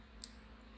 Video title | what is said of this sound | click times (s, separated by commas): Special Stream Live pc build | Yep, clicks into place. | 0.2 s